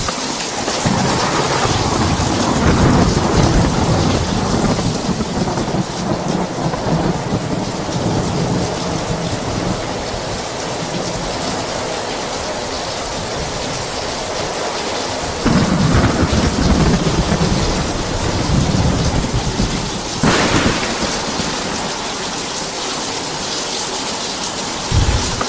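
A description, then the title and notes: Heavy rain pours down in a dense, steady hiss. Deep rolling thunder rumbles through the first few seconds and again around fifteen seconds, a sharp crack splits the air near twenty seconds, and another low boom begins at the very end. This thunderstorm is 3 hours of hard clapping thunder and bright lightning bolts that light up the night sky with heavy rain coming down from above. Thunder Heavy Rain Sounds.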